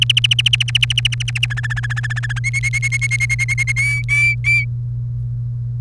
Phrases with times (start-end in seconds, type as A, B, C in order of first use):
0.02-1.46 A, 1.50-2.39 B, 2.44-3.72 C, 3.76-4.65 D